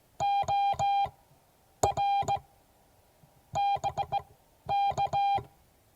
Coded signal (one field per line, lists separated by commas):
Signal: Morse code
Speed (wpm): 17 wpm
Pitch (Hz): 800 Hz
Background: none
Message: OR BK